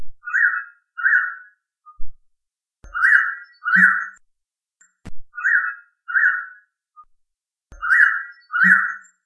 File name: Blue winged pitta - Pitta moluccensis